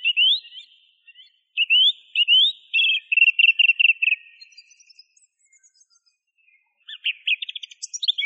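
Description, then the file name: Song thrush song: varied rising whistles and rapid stuttering notes, each figure repeated several times, closing with a fast high chatter. Masteran recording, used for training songbirds. "suara masteran songthrush"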